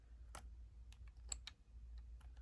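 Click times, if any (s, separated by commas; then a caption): none. A Bionk Quickshot Pro plastic trigger stop attachment is handled against the R2 trigger of a PS5 controller, being worked so its front lip will clip over the trigger edge. Short plastic taps and clicks are heard near 0.4, 0.9, 1.3 and 1.5 seconds over a steady low hum. Nothing has seated or snapped into place yet.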